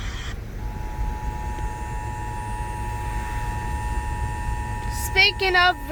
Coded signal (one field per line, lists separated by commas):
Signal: Emergency Alert System (SAME) tones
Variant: 853 and 960 Hz attention tone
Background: speech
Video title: Catching Some lightning on camera+ EAS Tornado Warning on radio (EAS#2) (READ DESC)